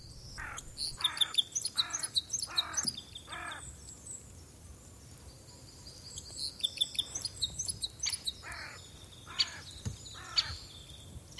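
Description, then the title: Parrot Crossbill calls: short, sharp chipping notes repeated in quick bursts, with gaps of quiet between the runs. Featured as Yle's nature sound of the week. "Viikon luontoääni: Isokäpylintu"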